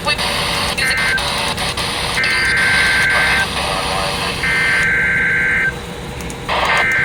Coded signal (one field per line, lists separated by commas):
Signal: Emergency Alert System (SAME) tones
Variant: header bursts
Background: speech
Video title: PURE MAYHEM 5... | EAS Alerts from 8/2-3/24 | EAS#1,060 - 1,132